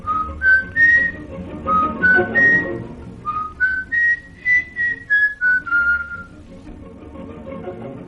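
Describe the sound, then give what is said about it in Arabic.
A whistle plays a quick tune of clear, high notes that step up and down in short and held tones for about six seconds, then stops, leaving quiet. “الصفارة.”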